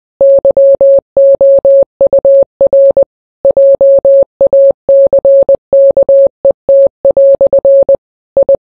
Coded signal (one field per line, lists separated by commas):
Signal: Morse code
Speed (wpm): 20 wpm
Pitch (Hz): 550 Hz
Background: none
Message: YOUR JACKET" I